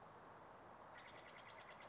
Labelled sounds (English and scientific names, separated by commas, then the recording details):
Steller's Jay (Cyanocitta stelleri)
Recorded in Sonoma County, California